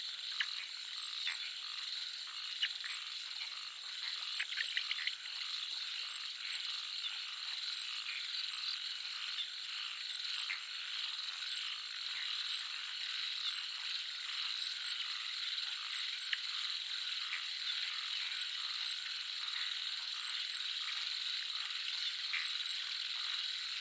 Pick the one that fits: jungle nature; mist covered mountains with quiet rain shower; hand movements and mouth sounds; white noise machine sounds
jungle nature